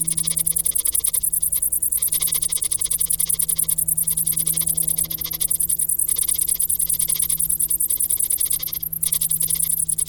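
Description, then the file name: Cricket chorus, shrill and fast-pulsing, above a steady low hum. "Grillen"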